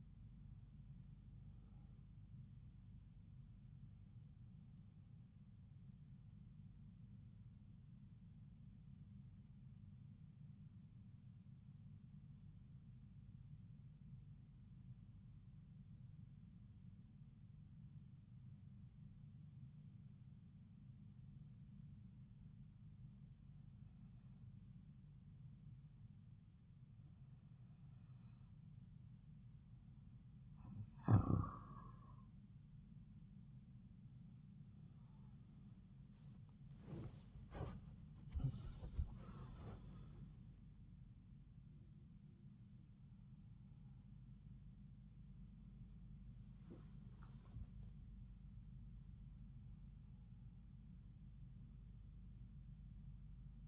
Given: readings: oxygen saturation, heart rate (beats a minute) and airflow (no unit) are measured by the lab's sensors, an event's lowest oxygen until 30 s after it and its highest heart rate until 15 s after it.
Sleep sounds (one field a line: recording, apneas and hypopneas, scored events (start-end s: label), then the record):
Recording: breathing in sleep by a smartphone at the bedside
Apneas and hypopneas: 1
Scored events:
7.00-37.00 s: new sleep stage, N2 (light sleep)
12.00-31.90 s: hypopnea (N2, oxygen 96% highest, then 90% lowest)
37.00-53.68 s: new sleep stage, N1 (lightest sleep)
From the record:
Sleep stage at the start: N1 (lightest sleep)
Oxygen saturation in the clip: 91 to 96%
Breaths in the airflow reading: 10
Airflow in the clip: -9.6 to 10.9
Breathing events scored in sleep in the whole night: 270 in 6.1 hours asleep